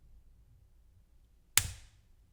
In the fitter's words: with a hopefully satisfying click.